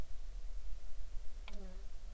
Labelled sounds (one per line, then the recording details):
insects
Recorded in the Arctic National Wildlife Refuge, Alaska, on 20 July 2019 at 02:57
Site 38